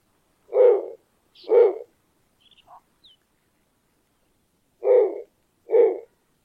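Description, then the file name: Snowy owl giving short, low, barking hoots: two close together, a few faint high squeaks, then two more after a pause. Captive bird at a zoo in Pessac near Bordeaux, France. "Harfang des neiges"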